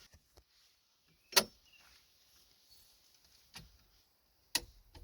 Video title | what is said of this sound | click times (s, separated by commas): How to Replace Town & Country or Dodge Caravan Front Struts Step by Step | right, there's our click there. | 4.6 s